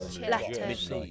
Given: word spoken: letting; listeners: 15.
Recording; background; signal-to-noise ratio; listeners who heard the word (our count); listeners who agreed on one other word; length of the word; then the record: one English word in noise, from a listening test; four-talker babble; 0.3 dB; 0 of 15; 13 of 15; 0.71 s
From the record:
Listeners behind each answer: 13, 1, 1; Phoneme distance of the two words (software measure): 17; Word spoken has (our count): 2 syllables, 5 phonemes, stress on syllable 1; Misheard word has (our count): 2 syllables, 4 phonemes, stress on syllable 1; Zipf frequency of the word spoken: 4.49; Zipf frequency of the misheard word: 4.85